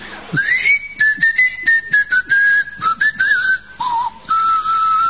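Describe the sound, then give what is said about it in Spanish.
Island inhabitants whistle instead of speaking: a clear, sustained whistle glides between high notes, holding long tones with small pitch slides and a dip near the end, over choppy background noise, with no talking. “A poco de llegar a Trakova, se escuchaban los silbidos de los habitantes.”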